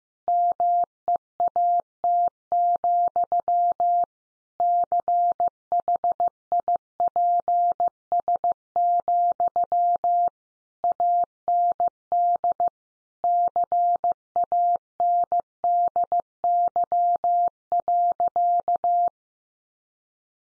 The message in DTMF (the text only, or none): none